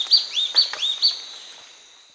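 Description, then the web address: Spot-backed antbird giving five high, quick notes in a short burst, then fading into quiet background hiss. Recorded in Peru. "Birds of the Amazon 2. Spot-backed Antbird (Hylophylax naevia), Peru"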